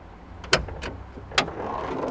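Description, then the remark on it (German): A car hood being opened: a sharp metallic clunk, a softer click, then a second loud clunk of the latch releasing, over a low steady rumble. “So, die Motorhaube ist offen.”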